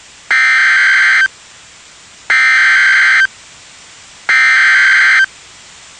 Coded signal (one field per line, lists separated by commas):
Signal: Emergency Alert System (SAME) tones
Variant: header bursts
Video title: Severe T'storm Warning (EAS #380)